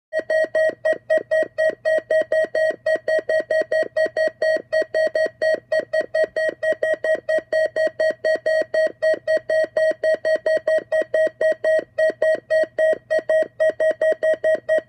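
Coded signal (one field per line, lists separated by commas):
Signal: alarm pattern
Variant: Midland weather radio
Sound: fast continuous electronic beeping, about four short beeps per second, steady throughout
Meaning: Weather radio alert tone, sounded here as a test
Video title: Midland WR-100 - Test Beep Tone 🔊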